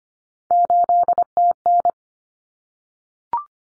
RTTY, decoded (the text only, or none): none